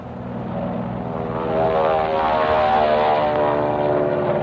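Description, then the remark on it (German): A loud, steady drone of propeller aircraft engines, Spitfires and Mustangs arriving in the late afternoon, several harmonic tones layered together, building slightly and holding as the planes pass overhead, with no voices. “Am späten Nachmittag kommen Flugzeuge. Spitfire und Mustangs.”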